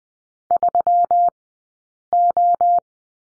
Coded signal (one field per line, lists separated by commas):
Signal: Morse code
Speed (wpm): 20 wpm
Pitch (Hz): 700 Hz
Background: none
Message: 3O